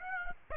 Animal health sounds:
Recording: mosquito wingbeat signal from an infrared sensor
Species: Aedes aegypti

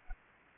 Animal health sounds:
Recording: mosquito wingbeat signal from an infrared sensor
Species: Anopheles arabiensis

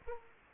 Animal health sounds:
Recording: mosquito wingbeat signal from an infrared sensor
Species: Aedes aegypti

